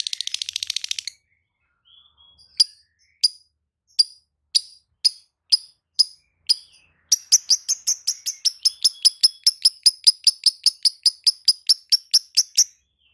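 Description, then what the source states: Lovebird song: a brief burst of rapid chatter, evenly spaced single sharp chirps, then a long series of fast repeated high chirping notes. Masteran recording made for tutoring other birds; song style called konslet.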